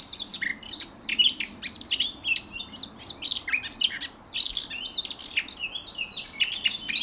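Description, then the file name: Eurasian blackcap singing a dense, continuous warble of quick varied notes and clear whistles, barely pausing throughout. "Sylvia atricapilla"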